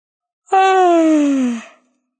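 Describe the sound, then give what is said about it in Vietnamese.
A man lets out one long, loud voiced yawn that slides steadily downward in pitch over about a second, with no other sounds around it. “A Hắc ngáp.”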